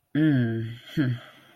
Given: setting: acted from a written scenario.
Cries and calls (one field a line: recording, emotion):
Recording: vocal sound without words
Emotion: sympathy